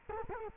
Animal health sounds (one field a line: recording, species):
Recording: mosquito wingbeat signal from an infrared sensor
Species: Culex quinquefasciatus